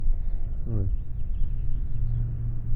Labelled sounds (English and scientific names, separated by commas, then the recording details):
House Finch (Haemorhous mexicanus) song
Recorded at WGilgo Beach on Long Island, New York, on 22 May 1975
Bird E